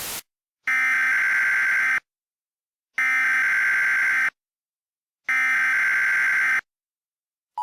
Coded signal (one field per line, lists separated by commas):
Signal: Emergency Alert System (SAME) tones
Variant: header bursts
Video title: EAS Mock 30: Descent